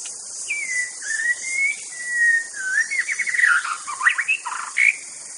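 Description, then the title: White-rumped shama song with long level whistles followed by a rich, rapidly varied run of warbled and slurred notes. Wild bird in the forest. "Suara burung murai batu asli hutan"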